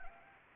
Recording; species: mosquito wingbeat signal from an infrared sensor; Anopheles gambiae